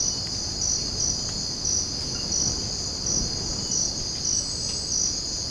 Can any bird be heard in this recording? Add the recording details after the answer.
no. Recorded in secondary vegetation near Puerto Asís, Putumayo, Colombia, on 12 March 2025 at 05:00. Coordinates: 0.481, -76.318. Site G097